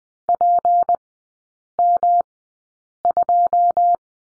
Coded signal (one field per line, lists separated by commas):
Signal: Morse code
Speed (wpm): 20 wpm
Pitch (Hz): 700 Hz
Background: none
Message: PM2